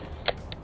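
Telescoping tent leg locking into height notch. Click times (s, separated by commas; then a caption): 0.3 s. A telescoping aluminum tent leg is pulled up and extended to its first height notch, giving a sharp mechanical click with a creak at 0.3 s. A softer, briefer tick follows at 0.5 s. The leg is seated in the notch.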